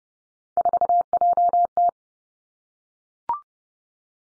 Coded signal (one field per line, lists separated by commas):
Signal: Morse code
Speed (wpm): 30 wpm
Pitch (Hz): 700 Hz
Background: none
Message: 4JT